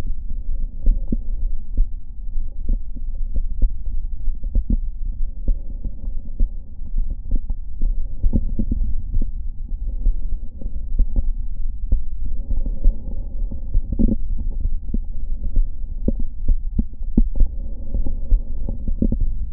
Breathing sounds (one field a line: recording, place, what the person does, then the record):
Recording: lung sounds by stethoscope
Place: right anterior apical chest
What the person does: quiet breathing, then deep breathing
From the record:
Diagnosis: COPD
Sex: male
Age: 57 years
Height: 165 cm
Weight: 85.7 kg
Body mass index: 31.5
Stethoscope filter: diaphragm mode